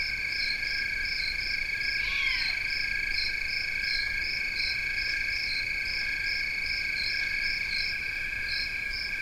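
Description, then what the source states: Crickets trilling steadily beneath a higher pulsed chirp, and a short descending owl begging screech cuts in near the start. Recorded 16 August 2021, 4:00-4:30 am; maybe three cricket species (Western trilling cricket, fall field cricket, a tree cricket), uncertain; hungry fledgling Great Horned Owls begging alongside.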